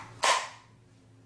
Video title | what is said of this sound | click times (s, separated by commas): Another SouthCarolinaMike Holster Review | and it snaps back in. | 0.2 s